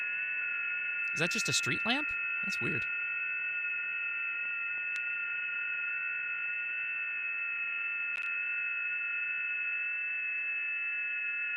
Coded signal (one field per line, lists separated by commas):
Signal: FT8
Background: speech